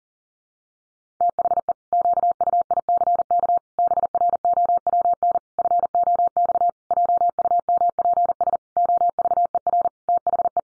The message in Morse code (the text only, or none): THE QUICK BROWN FOX JUMPS OVER THE